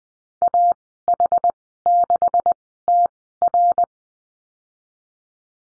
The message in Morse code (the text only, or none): AH6TR